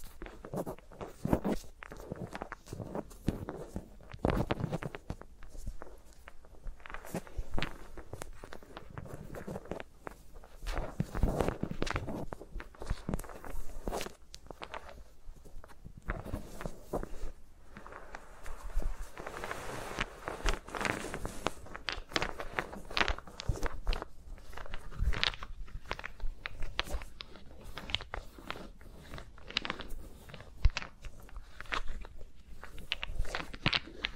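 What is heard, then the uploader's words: ASMR finger sounds with microphones around the fingers, no talking: dense, irregular rubbing, tapping and scratching that never settles into a rhythm. Sharp clicks and soft brushing strokes follow each other closely for the whole half minute, with busier patches around 10 and 20 seconds. ASMR with Mics Around My Fingers (No Talking).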